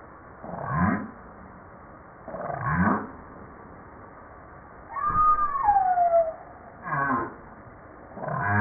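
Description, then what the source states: Humpback whale song: rhythmically repeated pulsed grunting units with a single smooth descending whistled moan between them, over underwater background noise. Recorded 5 March 1994.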